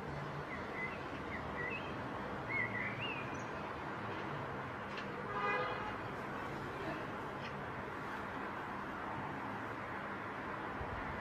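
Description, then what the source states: Common blackbird song, a short run of whistled, warbling notes in the first three seconds, then a brief rasping burst over steady background hum. Perched bird singing.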